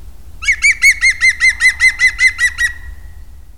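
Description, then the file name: European green woodpecker giving a fast run of many loud ringing notes, evenly spaced and slightly falling, over just over two seconds; quiet background. Contact call and shout. "zöld küllő kapcsolattartó hangja és kiáltás"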